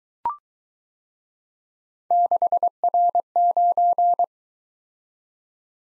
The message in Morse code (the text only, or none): 6R9